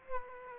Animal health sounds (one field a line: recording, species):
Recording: mosquito wingbeat signal from an infrared sensor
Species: Aedes aegypti